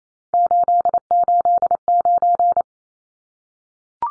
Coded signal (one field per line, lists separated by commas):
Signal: Morse code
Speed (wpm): 28 wpm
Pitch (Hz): 700 Hz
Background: none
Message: 889